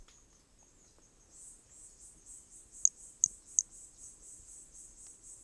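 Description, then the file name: Hermogenes' pumpkin toadlet giving three quick high chirps while a pulsing insect chorus swells in the background. Corcovado; recorded specimen; starting notes lost, recorded without interruption. "MHNCI Brachy hermogenesi Corcovado specimen one two starting notes lost without interruption"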